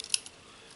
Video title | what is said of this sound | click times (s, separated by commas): Internals: Elite Spectre | so the plunger tube just snaps back in place | 0.1 s